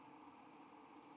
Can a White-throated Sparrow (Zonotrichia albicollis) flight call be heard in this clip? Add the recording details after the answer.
no. No flight call is heard. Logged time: 04:24 on 5 December 2014